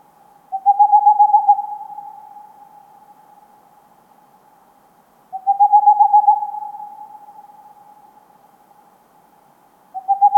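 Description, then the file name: Tengmalm's owl calling in fast runs of soft, level hoots, each run trailing off into a faint steady tone, repeated about every five seconds. "Digiffects Sound Effects Library - Tengmalms Owl"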